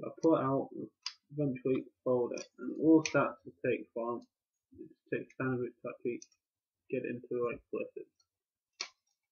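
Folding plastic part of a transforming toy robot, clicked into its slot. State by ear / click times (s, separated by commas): seated / 8.8 s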